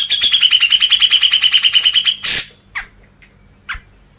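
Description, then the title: Grey-cheeked bulbul song: a fast, even pulsed trill held on a high pitch for two seconds, cut off by a loud rasping burst and a few scattered short notes. Masteran, a training recording played to caged birds. "MASTERAN CUCAK JENGGOT"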